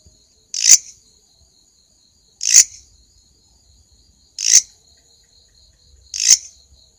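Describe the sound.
Grasshopper calling with four short buzzy rasps at steady intervals of about two seconds, a faint pulsing high hum running underneath.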